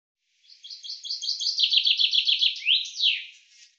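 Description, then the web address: Common chaffinch song: a rapid series of repeated notes descending in steps and ending in a bright flourish, with no other sounds. "Deverinetal 2025 File cleaned normalized Bird Fr Co"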